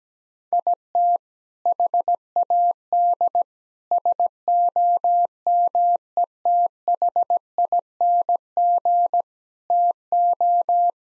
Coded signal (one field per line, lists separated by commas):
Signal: Morse code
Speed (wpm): 17 wpm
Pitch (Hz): 700 Hz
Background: none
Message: IT HAD SOMETHING TO